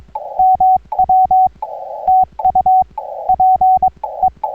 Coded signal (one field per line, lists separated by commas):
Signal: Morse code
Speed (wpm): 22 wpm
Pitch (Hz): 750 Hz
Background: none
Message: MW TU PE